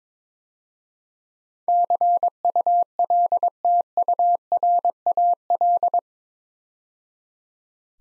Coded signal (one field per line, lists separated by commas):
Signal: Morse code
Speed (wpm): 22 wpm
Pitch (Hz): 700 Hz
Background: none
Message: CULTURAL